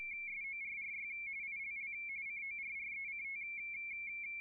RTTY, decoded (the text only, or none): SORRY ILL CORRECT